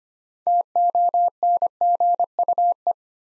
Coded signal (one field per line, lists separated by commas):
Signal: Morse code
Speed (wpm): 25 wpm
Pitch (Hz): 700 Hz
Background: none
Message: TONGUE